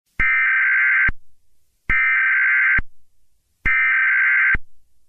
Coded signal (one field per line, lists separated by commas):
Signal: Emergency Alert System (SAME) tones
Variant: header bursts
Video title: EAS Scenario - Shadow Eclipse (Not For Kids)